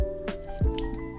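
Over background music, the second band is slid into the second slot of an Apple Watch Series 6 case (a 44 mm band). It snaps home with a short, sharp click at 0.8 s, seating the band in place.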